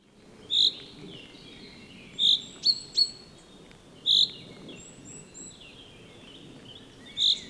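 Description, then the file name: Common chaffinch giving short, sharp single call notes, six loud ones spaced irregularly over several seconds. "Fringilla coelebs"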